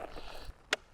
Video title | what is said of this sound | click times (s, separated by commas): We Tested an Extremely Overpowered Electric Surfboard. (It was really fun) | Lower the lever, and then it locks into place like that. | 0.7 s